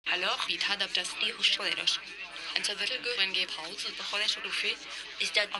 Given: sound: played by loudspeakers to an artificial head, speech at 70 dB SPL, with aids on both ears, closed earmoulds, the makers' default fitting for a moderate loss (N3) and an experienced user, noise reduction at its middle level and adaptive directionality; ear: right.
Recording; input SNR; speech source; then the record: speech test signal (ISTS) in cocktail-party noise; +6 dB; on the right (90 degrees)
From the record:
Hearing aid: class 2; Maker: B